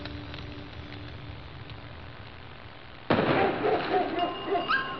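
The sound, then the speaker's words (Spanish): A low, steady hiss with faint tones gives way after about three seconds to a sudden loud burst of fireworks and firecrackers, followed by dense crackling pops and a few whistling tones. “La pirotecnia suele ser parte de nuestras celebraciones. Sin embargo, los estallidos afectan a quienes más queremos.”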